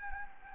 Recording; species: mosquito wingbeat signal from an infrared sensor; Anopheles gambiae